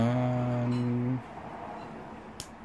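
The stainless steel case back of a slim Skagen watch is pressed onto the watch case by hand after a battery change. A steady low humming tone plays until about 1.2 s and gives way to quiet background noise. A single sharp snap at 2.4 s marks the case back seating in place.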